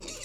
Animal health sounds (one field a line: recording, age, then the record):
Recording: pig call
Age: weaner (32 to 43 days)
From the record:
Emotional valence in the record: negative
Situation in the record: short isolation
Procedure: open field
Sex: female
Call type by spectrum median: high-frequency call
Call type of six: high-frequency stable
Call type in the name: high-frequency stable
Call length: 0.24 s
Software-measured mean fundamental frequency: 161 Hz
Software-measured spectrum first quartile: 881 Hz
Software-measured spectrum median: 3669 Hz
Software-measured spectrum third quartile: 6165 Hz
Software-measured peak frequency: 338 Hz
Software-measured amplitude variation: 97 dB a second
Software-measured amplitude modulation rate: 22.5 a second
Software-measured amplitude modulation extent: 4.3 dB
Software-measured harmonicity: 1.3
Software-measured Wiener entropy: -1.57